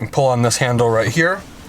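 Someone talks while the handle on the fold-up jump seat latch in the front bench seat of a 2020 Chevy Silverado 2500 Custom pickup is being handled. Nothing has seated or clicked yet.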